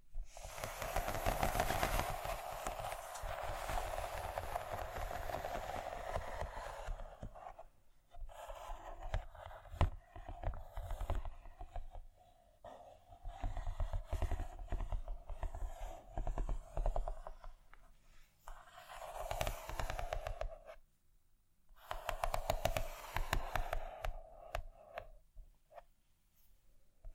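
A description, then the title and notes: Scratching in dense, rasping bursts, strongest and most continuous over the first seven seconds. After that it breaks into shorter, uneven stretches with brief silent gaps, picking up again around fifteen, nineteen and twenty-two seconds before fading out near the end. ASMR Scratching.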